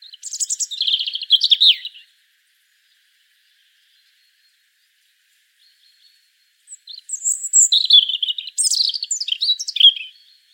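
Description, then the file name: European robin delivering a short twittering phrase, then after a pause of about five seconds a longer one with high whistles and rapid slurred notes. "Erithacus rubecula"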